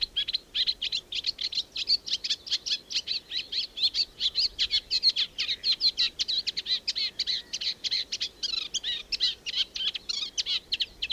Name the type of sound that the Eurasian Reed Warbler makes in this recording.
song